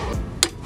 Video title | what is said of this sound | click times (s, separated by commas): Auto to Manual on the 5th generation Honda Prelude (Part 2) FINAL | click my boy eight times here | 0.4 s